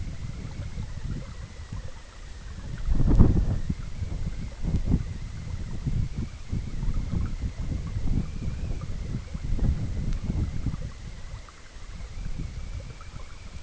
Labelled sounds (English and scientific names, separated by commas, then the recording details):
none
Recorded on Arctic tundra, site EABA-MC, on 20 June 2019
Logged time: 14:00